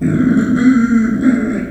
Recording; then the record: squeal of a Yucatan mini pig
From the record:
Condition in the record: after surgery on the right vocal fold (resection and tissue-engineered implant); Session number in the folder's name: 3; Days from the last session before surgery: 21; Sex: female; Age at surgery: 19 weeks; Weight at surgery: 25 kg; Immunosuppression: prednisolone